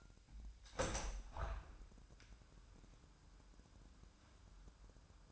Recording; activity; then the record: daily activity, microphone in the room; open window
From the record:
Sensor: 2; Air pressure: 997.9 hPa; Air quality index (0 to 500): 130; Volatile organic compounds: 3 ppm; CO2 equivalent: 1468 ppm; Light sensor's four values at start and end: 11/32/13/12 and 11/32/13/12